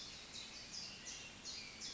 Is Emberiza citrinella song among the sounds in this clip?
no